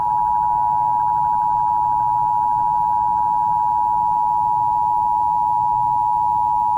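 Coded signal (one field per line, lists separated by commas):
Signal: Emergency Alert System (SAME) tones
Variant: 853 and 960 Hz attention tone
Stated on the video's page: Fictional EAS simulation about a wildfire disaster; not a real alert.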